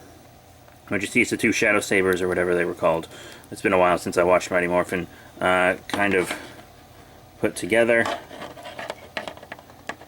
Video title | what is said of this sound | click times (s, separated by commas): Ranger Slayer Power Rangers Lightning Collection Action Figure Review | this just pops right in a hand it doesn't want to at the moment for some reason but | none